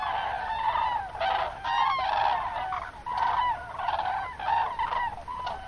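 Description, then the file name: Common cranes trumpeting together, bugled honks overlapping in quick succession. "grus grus"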